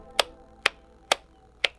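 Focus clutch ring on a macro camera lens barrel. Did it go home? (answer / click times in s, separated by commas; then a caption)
yes / 0.2 s, 0.7 s, 1.1 s, 1.7 s. The focus clutch ring on the barrel of a Sony 90mm Macro f/2.8 G lens is pushed in and pulled out to switch between manual focus and autofocus. It gives four sharp, short clicks at 0.2, 0.7, 1.1 and 1.7 seconds. The ring seats into position, with manual focus when it is clicked all the way in and autofocus when it is pulled out.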